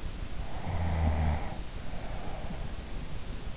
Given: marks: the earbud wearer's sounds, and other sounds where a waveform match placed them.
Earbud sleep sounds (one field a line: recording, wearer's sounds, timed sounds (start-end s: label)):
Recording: sounds in sleep by an in-ear microphone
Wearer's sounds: snoring breath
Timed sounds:
0.21-3.18 s: snoring breath